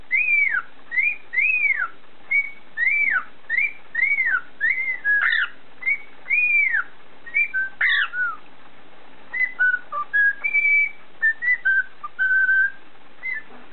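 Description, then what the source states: Cockatiel whistling a long sequence of arched downslurred notes in rapid series, then shorter level and stepped whistles toward the end. Whistling (siulan) by a cockatiel.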